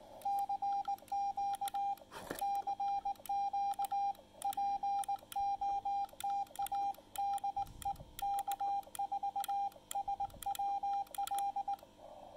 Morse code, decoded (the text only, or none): CQ CQ POTA DE K4SWL